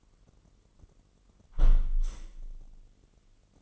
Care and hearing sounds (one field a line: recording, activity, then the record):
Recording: daily activity, microphone in the room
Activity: close window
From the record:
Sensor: 4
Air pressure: 999.4 hPa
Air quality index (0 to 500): 107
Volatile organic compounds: 2 ppm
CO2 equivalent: 1058 ppm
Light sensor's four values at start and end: 13/31/13/14 and 13/31/13/14